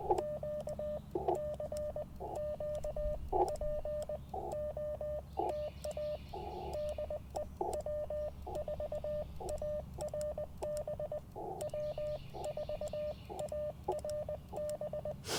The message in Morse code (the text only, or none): Q CQ POTA DE W4ARB W4ARB